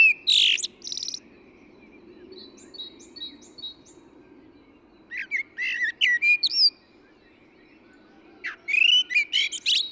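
Eurasian blackbird song: loud warbled phrase, softer high thin notes, then a jumbled twittering burst and a final rich warble, all over a faint continuous hum.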